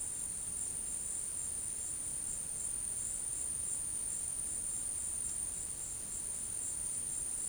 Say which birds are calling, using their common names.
none